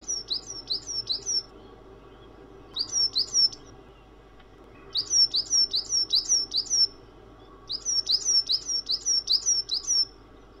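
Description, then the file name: Bird song in bursts of quick, high, down-slurred chirps, several per phrase, phrases coming every two to three seconds with pauses between. "vogelstimmen"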